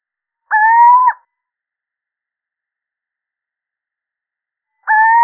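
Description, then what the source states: Little owl, two drawn-out, slightly rising mewing hoots about four seconds apart, the second cut off at the end; silence between them and no other sounds. Male.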